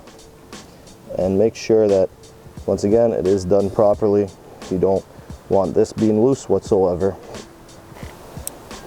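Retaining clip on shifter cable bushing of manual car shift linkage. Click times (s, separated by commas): 8.5 s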